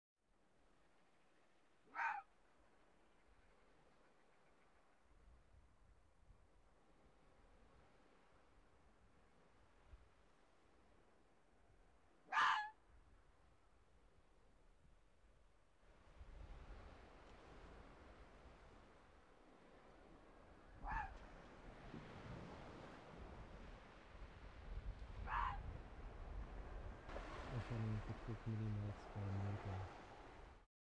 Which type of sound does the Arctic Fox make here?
call